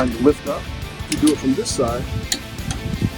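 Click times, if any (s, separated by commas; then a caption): 2.7 s. A click-type torque wrench tightens the spindle nut on a trailer axle to 50 while the wrench is pushed down so gravity helps. Someone talks throughout, and the wrench gives a single sharp click at 2.7 seconds as it reaches its setting.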